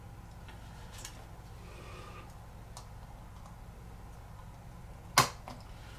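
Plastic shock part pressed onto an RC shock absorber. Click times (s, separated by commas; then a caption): 5.2 s. During an RC crawler shock build, a plastic shock part is squeezed onto an RC shock absorber with pliers. A few faint ticks sit over a steady low hum, then a sharp, loud snap at 5.2 s marks the part snapping into place and seating.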